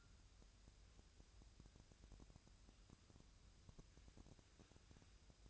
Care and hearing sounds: daily activity, microphone in the room; wipe stove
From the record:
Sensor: 2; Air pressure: 1001.5 hPa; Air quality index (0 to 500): 225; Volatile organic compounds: 25 ppm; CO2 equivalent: 2826 ppm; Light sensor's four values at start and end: 7/26/10/9 and 7/26/10/9

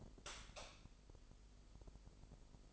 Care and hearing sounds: daily activity, microphone in the room; light off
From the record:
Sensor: 5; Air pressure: 995.5 hPa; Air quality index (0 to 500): 90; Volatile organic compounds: 4 ppm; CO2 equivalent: 1686 ppm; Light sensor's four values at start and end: 35/83/33/34 and 33/78/32/31

